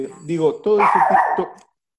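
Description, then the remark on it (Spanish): A female dog barks several times in quick succession, loud, sharp yelps with a tonal, slightly whiny edge, running for about a second and a half before stopping abruptly. “Tengo una dificultad con mi perra.”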